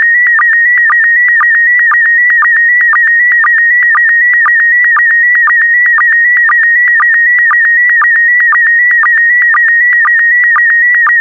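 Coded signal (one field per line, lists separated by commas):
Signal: SSTV (slow-scan television)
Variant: PD120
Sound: steady warbling whistle near two kilohertz, broken by rapid regular low clicks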